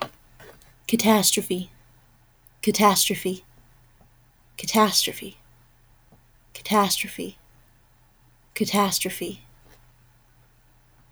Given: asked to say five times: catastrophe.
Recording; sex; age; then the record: repeated word; female; 20 to 29 years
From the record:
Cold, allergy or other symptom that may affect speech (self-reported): no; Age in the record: 22 years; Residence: Texas, United States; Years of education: 16